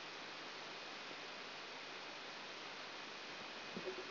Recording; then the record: brain microelectrode recording played as sound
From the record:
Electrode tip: outside the subthalamic nucleus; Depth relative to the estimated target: -4 mm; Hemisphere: right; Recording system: AlphaMap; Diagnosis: Parkinson's disease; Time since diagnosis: 19 years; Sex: male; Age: 59 years